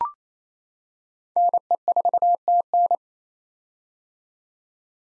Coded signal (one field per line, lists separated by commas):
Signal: Morse code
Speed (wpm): 28 wpm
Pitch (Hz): 700 Hz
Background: none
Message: NE4TN